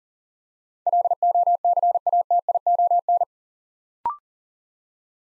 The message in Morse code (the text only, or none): LOCATION